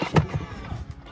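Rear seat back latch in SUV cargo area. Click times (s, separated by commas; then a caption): 0.2 s. A small release button on a rear-row seat back in the cargo area of a Tesla Model X 100D SUV is pressed to fold the seat down for more space. A sharp latch click sounds at 0.2 s, followed by softer thumps and rustling as the seat back is released.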